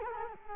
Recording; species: mosquito wingbeat signal from an infrared sensor; Culex quinquefasciatus